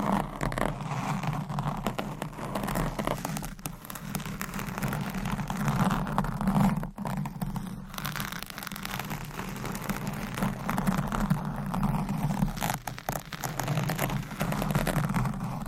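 Continuous scratching on a microphone, a dense, rough rasp that barely lets up for the whole stretch. A low rumble runs underneath, and brief dips in the scratching come around 7 and 8 seconds before it resumes just as thick.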